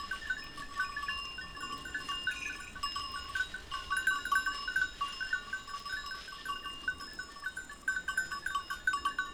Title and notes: Village Tipi, Route du Revard, Chalets de la Clusaz, Montcel, Chambéry, Savoie, Auvergne-Rhône-Alpes, France métropolitaine, 73100, France - Les chèvres. Quelques chèvres broutent dans une prairie en pente, le raffiné tintement aléatoire de leurs clochettes empli l'espace, un discret criquet stridule dans les herbes